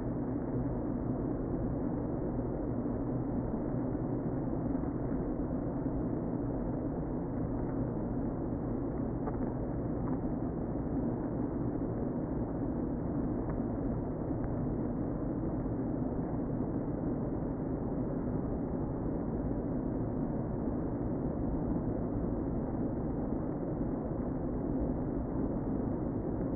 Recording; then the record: honeybee colony, microphone inside the hive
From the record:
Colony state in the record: queen present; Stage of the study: before two queens were removed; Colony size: about 60,000 bees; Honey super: yes